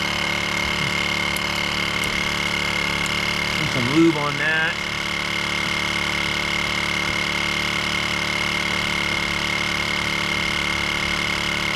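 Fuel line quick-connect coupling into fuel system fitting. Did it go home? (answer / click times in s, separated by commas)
no / none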